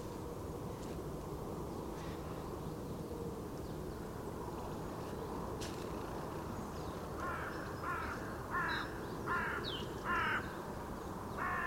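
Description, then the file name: Carrion crow with a run of several rasping caws in the second half, after a quiet stretch of low rumble and a few faint clicks and chirps. "Corvus corone"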